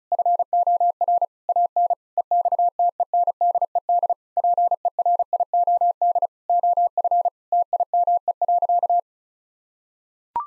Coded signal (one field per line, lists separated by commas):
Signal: Morse code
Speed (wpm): 36 wpm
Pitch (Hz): 700 Hz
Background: none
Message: FOR AN EXTENDED PERIOD OF TIME.